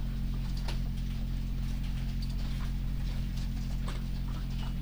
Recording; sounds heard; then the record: poultry house recording; sick chickens (respiratory disease)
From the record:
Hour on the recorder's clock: 2